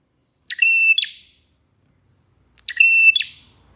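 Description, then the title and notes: Prinia song, two loud phrases about two seconds apart, each a sharp click, a level high whistled note and a buzzy closing flourish, with silence between. Long-duration tutor song (masteran terapi) for training cage birds. "Masteran Terapi Prenjak Durasi Panjang. Burung Prenjak"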